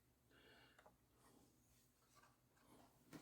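A replacement woofer is test-fitted into the baffle cutout of a Hegeman Model 1 speaker cabinet, with soft rubbing and handling noises before a faint thud at 3.1 s as it drops in. It fits much better but still rocks, so it is not seated and the cutout needs more work.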